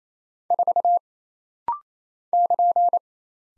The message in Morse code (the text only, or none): 4 <KN>